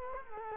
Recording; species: mosquito wingbeat signal from an infrared sensor; Culex quinquefasciatus